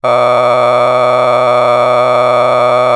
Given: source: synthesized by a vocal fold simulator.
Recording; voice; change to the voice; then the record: sustained vowel; male; a random mix of aspiration noise, stiffness perturbation and strain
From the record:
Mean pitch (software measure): 113 Hz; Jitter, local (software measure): 2.84%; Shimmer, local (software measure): 10.8%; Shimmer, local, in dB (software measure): 0.97 dB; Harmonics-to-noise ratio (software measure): 9.7 dB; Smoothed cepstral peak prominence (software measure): 16.4 dB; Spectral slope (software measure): -14.2 dB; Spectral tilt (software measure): -10.8 dB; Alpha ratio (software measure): -4.7 dB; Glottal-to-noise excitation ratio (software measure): 0.989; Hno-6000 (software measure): 2.0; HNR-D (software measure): 23.1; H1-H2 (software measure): 1.6 dB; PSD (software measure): 2.2e-04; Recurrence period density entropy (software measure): 0.116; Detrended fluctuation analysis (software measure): 0.0329